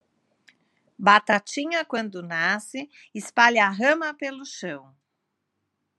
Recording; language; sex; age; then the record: short text; Brazilian Portuguese; female; 40 to 49 years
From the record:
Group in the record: control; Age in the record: 45 years